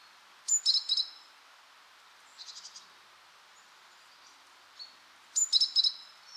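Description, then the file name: Great tit calls, two bursts of high, sharp, thin notes near the start and end, with a soft quick trill of faint notes in between. "Parus major"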